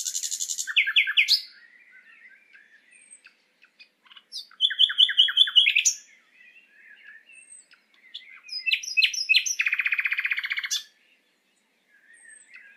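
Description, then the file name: Common nightingale singing in separate phrases: sharp repeated notes, fast trills and a long buzzy rattle, with soft chattering and thin high whistles between phrases. "Luscinia megarhynchos"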